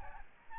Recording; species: mosquito wingbeat signal from an infrared sensor; Aedes albopictus